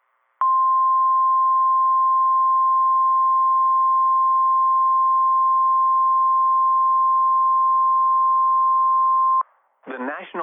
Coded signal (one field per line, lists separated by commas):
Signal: Emergency Alert System (SAME) tones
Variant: 1050 Hz attention tone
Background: speech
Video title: Northern IND Madness - EAS Alerts from 3/26/26 (EAS #746 - #754)